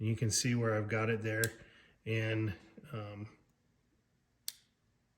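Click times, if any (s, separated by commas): 4.5 s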